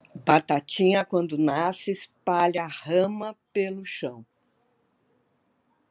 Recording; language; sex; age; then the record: short text; Brazilian Portuguese; female; 70 to 79 years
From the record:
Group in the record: control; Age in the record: 74 years